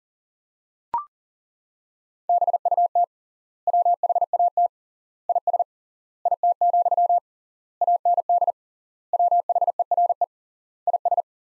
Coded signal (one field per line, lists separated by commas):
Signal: Morse code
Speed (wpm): 40 wpm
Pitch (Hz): 700 Hz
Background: none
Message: BUT WHAT IS IT, AND WHERE IS